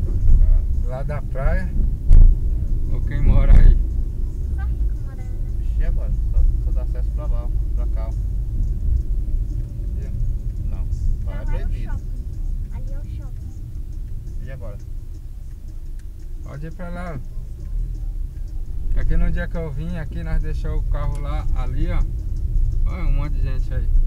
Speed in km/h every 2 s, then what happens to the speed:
26, 30, 32, 38, 25, 21, 13, 6, 7, 11, 12, 20.
0-3 speeds up to 32. 6-14 brakes to 6. 14-24 speeds up to 20.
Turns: none.